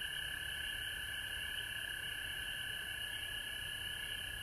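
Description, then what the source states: Frogs in full chorus give a persistent high trilling drone, layered and constant, with no gaps between calls. Recorded at home in Georgia on March 19, 2020.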